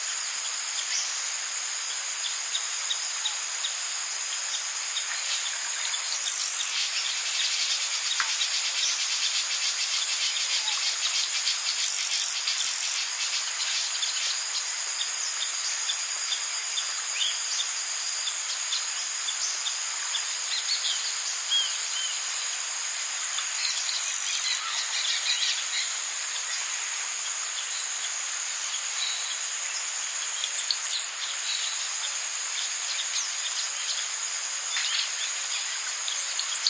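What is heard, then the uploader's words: Rainforest ambience filled with a steady, dense wash of high, shrill insect and cricket buzzing that holds constant throughout. Scattered bird chirps poke through now and then, with brief shifts in the insect drone around 6, 12, 24 and 31 seconds. Amazon Rainforest Ambience with Chirping Birds and Wildlife Sounds.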